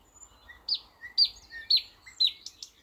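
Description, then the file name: Thrush nightingale song: loud sharp down-slurred notes repeated about every half second, alternating with lower soft whistles. "thrush nightingale - luscinia luscinia"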